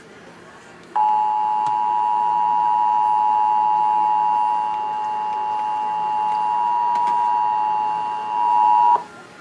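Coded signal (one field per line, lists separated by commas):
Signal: Emergency Alert System (SAME) tones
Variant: 853 and 960 Hz attention tone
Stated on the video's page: National Periodic Test received on AM/FM radio and TV.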